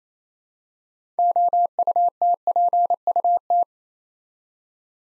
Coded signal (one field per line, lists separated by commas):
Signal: Morse code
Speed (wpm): 27 wpm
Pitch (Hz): 700 Hz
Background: none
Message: OUTPUT